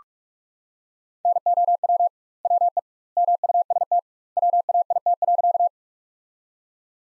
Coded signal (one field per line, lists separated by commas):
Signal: Morse code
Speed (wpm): 41 wpm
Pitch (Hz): 700 Hz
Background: none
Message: NOW WE MUST WAIT.